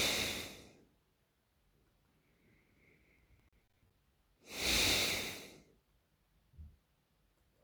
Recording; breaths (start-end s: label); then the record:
nose breathing near a microphone
0.00-0.68 s: exhalation
1.77-4.30 s: inhalation
4.30-5.58 s: exhalation
7.25-7.64 s: inhalation
From the record:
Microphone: phone